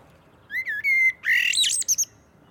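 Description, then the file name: Common blackbird song: a mellow fluted warble of low whistled notes, then a high squeaky twittering flourish at the end, with a quiet background. "Turdus merula"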